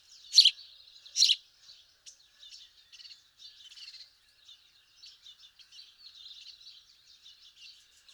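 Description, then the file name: House sparrow calls, two sharp, loud chirps in quick succession at the start, followed by a run of quieter twittering chirps through the rest. "Passer domesticus"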